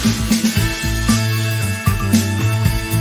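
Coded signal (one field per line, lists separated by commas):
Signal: none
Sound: intro music beeps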